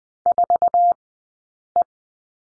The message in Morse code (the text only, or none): 4E